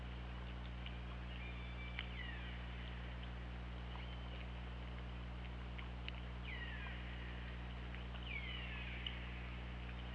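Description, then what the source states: Killer whale calls: repeated descending harmonic whistles in the second half, following flat tonal calls early on, with clicks over a low underwater hum. Recorded on the OrcaLab hydrophone, 24 August 2017, at 20:58.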